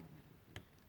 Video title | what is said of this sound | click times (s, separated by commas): Chronique n°116 : Masters of the universe Masterverse "New Eternia" : Maskor (Man-E-Faces) | Il faut qu'il y ait un petit clips. Vous entendez? Ça fait un petit clips, un petit claps. | 0.6 s